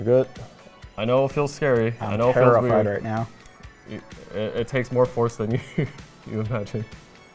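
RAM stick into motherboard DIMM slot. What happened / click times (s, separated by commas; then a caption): The module is being pressed but has not clicked into place yet / none. A DDR5 RAM stick is being handled over a motherboard DIMM slot in an MSI AM5 build, with the pressing-down to close the retention latches still to come. Someone talks throughout over background music, and nothing has seated or clicked yet.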